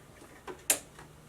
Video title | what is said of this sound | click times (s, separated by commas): "DIY Fabric Balloon Cover: Keep Kids Safe with This Easy Craft!" | I'm just gonna put that to the side and I can snap this right in. | 0.5 s, 0.7 s